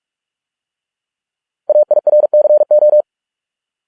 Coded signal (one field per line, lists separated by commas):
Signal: Morse code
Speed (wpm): 46 wpm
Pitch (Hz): 600 Hz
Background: none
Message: AIRCO